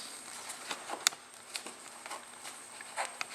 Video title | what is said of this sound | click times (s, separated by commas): BMW 330i Headlight Lens and Washer Nozzle Replacement DIY | and then simply press it all in until it snaps | 1.1 s, 3.2 s